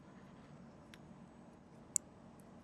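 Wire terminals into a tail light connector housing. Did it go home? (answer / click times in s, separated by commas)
yes / 2.0 s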